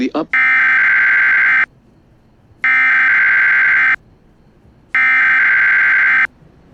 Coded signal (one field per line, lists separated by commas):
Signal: Emergency Alert System (SAME) tones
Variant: header bursts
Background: speech